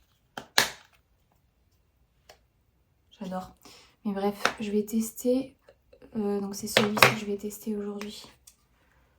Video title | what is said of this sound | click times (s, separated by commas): ma morning routine à 6h du matin - slow et calme 🍵 | vous voyez, ils sont en train ils se clipsent comme ça. | 0.4 s, 0.6 s